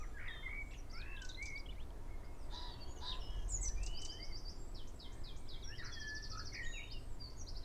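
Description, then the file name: Eurasian wren song of fast, high trilled phrases and quick notes, mixed with lower slurred notes, above constant low background noise. "Troglodytes troglodytes"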